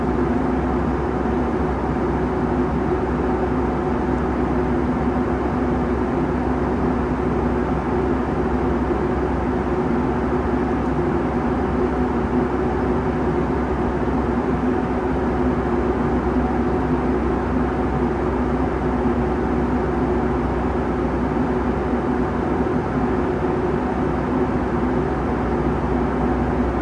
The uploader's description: full flights with all of it's sounds including passenger announcements, service and of course the engines